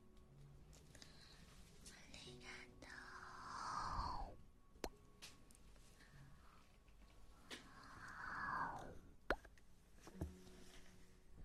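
Ear-eating mouth sounds: two slow, wet swells of breathy slurping near four and nine seconds, with sharp lip pops between.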